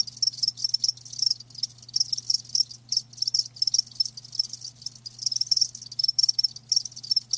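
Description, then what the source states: Crickets chirping in quick, high pulsed bursts forming a continuous chorus, with a faint low hum. Live crickets chirping with a lulling song.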